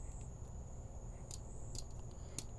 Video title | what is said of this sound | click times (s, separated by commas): (610) Organizing Lishi Tools with Color Coded Finger Savers | he a little nice little click and it's on there | 2.4 s